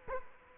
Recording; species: mosquito wingbeat signal from an infrared sensor; Culex quinquefasciatus